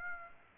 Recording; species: mosquito wingbeat signal from an infrared sensor; Aedes aegypti